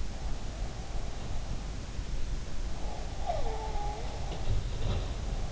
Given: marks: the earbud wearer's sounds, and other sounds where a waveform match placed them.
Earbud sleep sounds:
sounds in sleep by an in-ear microphone; breath
3.08-4.31 s: breath

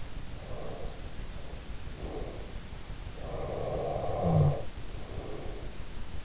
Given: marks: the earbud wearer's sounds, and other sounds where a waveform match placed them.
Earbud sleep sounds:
sounds in sleep by an in-ear microphone; breath, snoring breath
0.35-2.52 s: breath
3.00-5.60 s: snoring breath

